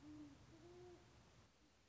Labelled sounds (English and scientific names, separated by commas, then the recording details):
Great Horned Owl (Bubo virginianus)
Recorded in Sonoma County, California